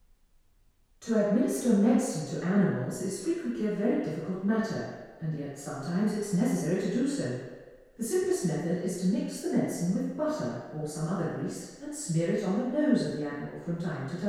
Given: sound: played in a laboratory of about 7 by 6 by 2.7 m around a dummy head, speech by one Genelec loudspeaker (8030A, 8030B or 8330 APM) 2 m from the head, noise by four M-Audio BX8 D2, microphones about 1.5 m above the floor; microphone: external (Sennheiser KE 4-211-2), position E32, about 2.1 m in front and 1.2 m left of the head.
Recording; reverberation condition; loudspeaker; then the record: female speech in English; high; 60 degrees to the right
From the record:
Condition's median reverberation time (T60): about 1300 ms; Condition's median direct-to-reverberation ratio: about -4.0 dB